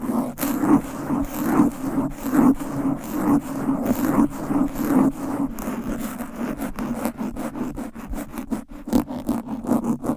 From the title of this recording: Fast & Aggressive Mic Scratching with 10 DIFFERENT MICS Covers & Nails